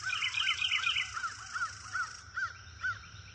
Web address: ambience nature wood near river birds chirp